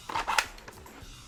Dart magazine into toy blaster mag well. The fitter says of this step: Locks in place. Little bit of wobble front and back. Not to the side.